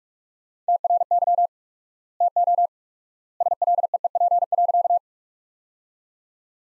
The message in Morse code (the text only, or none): TRY TO SLEEP.